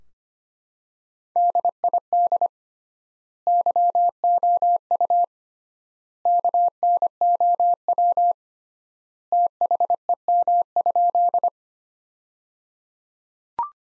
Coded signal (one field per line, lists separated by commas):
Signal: Morse code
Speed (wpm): 25 wpm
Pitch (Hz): 700 Hz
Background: none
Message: DID YOU KNOW THEM?